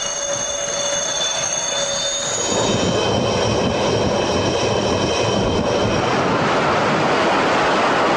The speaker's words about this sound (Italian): L'avete sentito questo rumore? È il passaggio di un cacciabombardiere Sukhoi Su-30K.